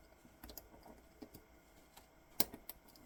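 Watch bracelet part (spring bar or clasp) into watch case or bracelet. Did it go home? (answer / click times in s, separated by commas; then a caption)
no / none. A 316L stainless steel watch bracelet part, a spring bar or clasp, is pushed toward its place in the watch case or bracelet, giving small, sharp metallic clicks, the loudest near 2.4 s and 2.7 s. The part does not snap in, and nothing has seated yet.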